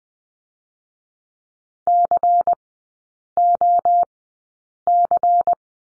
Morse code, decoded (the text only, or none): COC